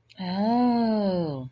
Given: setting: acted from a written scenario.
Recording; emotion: vocal sound without words; realization